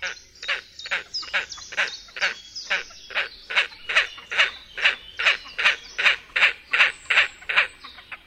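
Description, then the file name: Great crested grebe calling in a steady run of rasping, repeated notes, a little over two each second, with a thin high whistle faintly behind. "PERKOZ DWUCZUBY"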